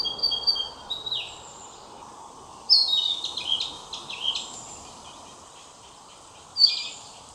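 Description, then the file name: Narcissus flycatcher song, with pure whistled notes, a dropping slur and a burst of rapid chattering phrases, then a short bright whistle near the end, over constant low rushing noise. Recorded on 22 May 2022. "20220522 キビタキ"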